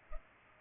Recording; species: mosquito wingbeat signal from an infrared sensor; Culex pipiens